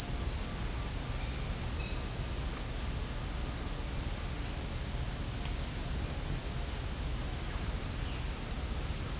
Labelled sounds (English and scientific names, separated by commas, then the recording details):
none
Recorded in dense forest near Puerto Asís, Putumayo, Colombia, on 26 December 2024 at 15:30
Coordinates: 0.481, -76.323
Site G100